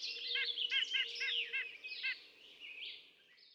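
White-breasted nuthatch song, a quick run of about six nasal, harmonic notes in under two seconds, over a busy chorus of other high chirping birds and a steady low hum.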